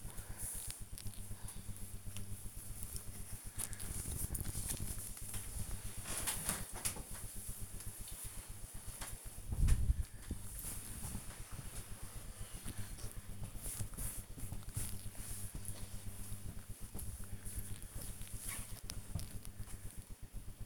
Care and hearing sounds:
household activities, microphone on the right wrist
0.00-20.66 s: folding laundry

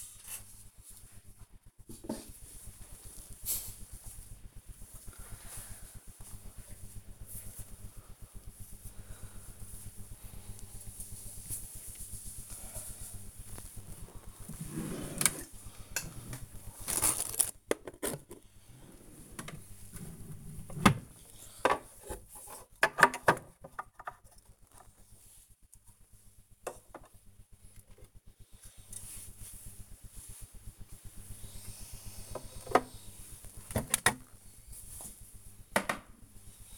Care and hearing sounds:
household activities, microphone on the right wrist
0.00-36.78 s: tidy up the cupboard

